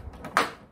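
A plastic trim piece is lined up with its holes on the rear boot lid of a Mercedes W204 and pushed straight up. A faint knock at 0.25 s is followed by a sharp snap at 0.4 s as its clips seat, leaving the piece firmly in place and no longer loose.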